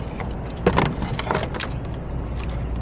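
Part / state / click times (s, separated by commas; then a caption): ratchet lock on cable-type hose clamp pliers holding a spring clamp open / not seated / none. Extended cable-type hose clamp pliers are squeezed onto a spring hose clamp on a Sprinter 3.0L V6 (OM642) during EGR work, with short sharp metallic ticks and rattles around 0.8, 1.2, 1.3 and 1.6 s over a steady low hum. The pliers' ratchet has not yet locked to hold the clamp open; nothing has seated or clicked into place by the end of the clip.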